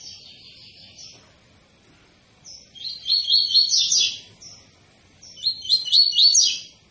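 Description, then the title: Double-collared seedeater gives soft trilled notes, then two loud bursts of quick, buzzy, repeated chirps a few seconds apart. Tui-tui song style, intended as a teaching song for young birds; the bird is described as 'fibra'. "COLEIRO TUI TUI FIBRA"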